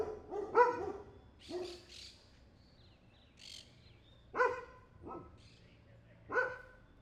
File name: ambiente calle prv bs as street dogs barking